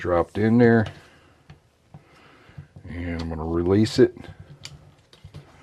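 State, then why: Not seated. Valve keepers (split locks) have been dropped into the valve stem notches on a Kohler small engine cylinder head, with the valve spring held compressed by a spring compressor that is about to be released. Someone talks while brief faint ticks and taps sound at about 1.5, 1.9, 4.7 and 5.1 seconds. Nothing has seated yet.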